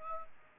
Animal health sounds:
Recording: mosquito wingbeat signal from an infrared sensor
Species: Aedes aegypti

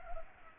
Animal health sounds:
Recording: mosquito wingbeat signal from an infrared sensor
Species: Culex pipiens

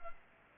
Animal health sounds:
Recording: mosquito wingbeat signal from an infrared sensor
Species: Culex pipiens

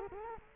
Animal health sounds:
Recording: mosquito wingbeat signal from an infrared sensor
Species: Culex quinquefasciatus

